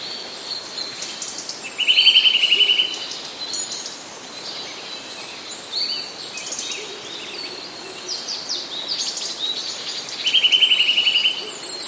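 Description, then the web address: Eurasian nuthatch giving two rapid, even trills of clear notes, one early and one near the end, with faint chirps of other small birds between. Autumn trills. "kowalik kowalikjesiennetryle"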